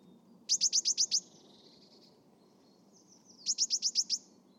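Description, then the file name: Eurasian blue tit song with two bursts of six rapid, high, ringing notes separated by a few seconds, over a low steady background hum. "Cyanistes caeruleus"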